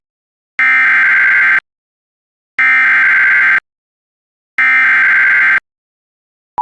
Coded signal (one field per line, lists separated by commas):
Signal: Emergency Alert System (SAME) tones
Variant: header bursts